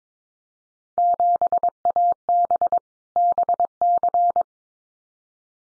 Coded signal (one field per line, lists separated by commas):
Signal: Morse code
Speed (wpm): 22 wpm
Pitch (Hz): 700 Hz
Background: none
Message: 7AB BC